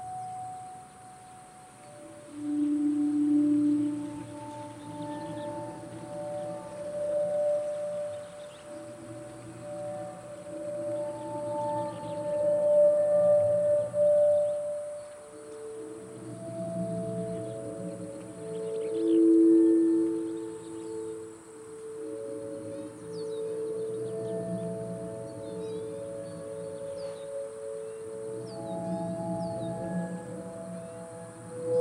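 A recording from Patagonia Lake State Park in SE Arizona, filled with sustained, ringing low tones like a singing bowl, overlapping and slowly swelling and fading throughout. Brighter held notes drift in and out above the low hum, with faint ticks in the background.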